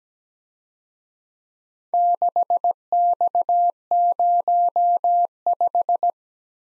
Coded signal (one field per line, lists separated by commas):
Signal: Morse code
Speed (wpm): 19 wpm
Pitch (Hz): 700 Hz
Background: none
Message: 6X05